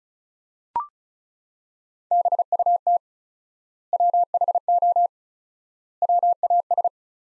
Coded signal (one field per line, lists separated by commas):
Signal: Morse code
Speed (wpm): 34 wpm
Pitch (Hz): 700 Hz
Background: none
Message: BUT WHO WAS